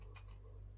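A plastic clip is handled against the transparent chassis of a DCR-01 Blue Special mini 4WD toy car while being pushed toward its snap-in position. Only a steady low hum and faint, brief rustles of handling are heard. The clip has not snapped or seated yet.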